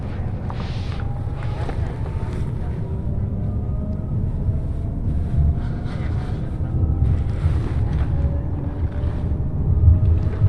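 A ride aboard the limited express Ishizuchi on the Yosan Line, heard as a steady, dense low rumble that never lets up. Faint whining tones glide slowly upward through the middle, and brief airy hisses rise every couple of seconds.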